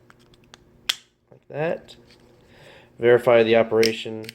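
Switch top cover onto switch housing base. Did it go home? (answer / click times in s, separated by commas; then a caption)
yes / 0.5 s, 0.9 s. The plastic top cover of a 2004–2008 Pontiac Grand Prix power mirror switch housing, worked on during an LED install, is carefully pinched onto its base until both side latches lock. Two sharp clicks are heard at 0.5 s and 0.9 s as the latches snap into place, seating the cover. Someone then talks.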